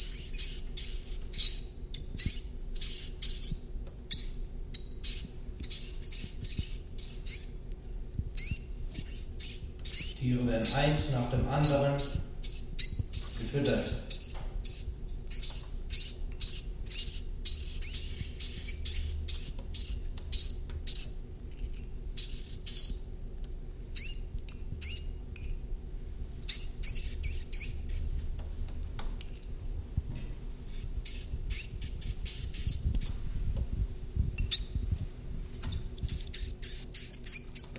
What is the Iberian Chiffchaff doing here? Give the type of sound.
call